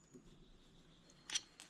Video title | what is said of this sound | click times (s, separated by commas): BUILDING A 1000HP LS ENGINE PART3 | And you will hear it snap down into place once it gets to the correct depth. | 1.3 s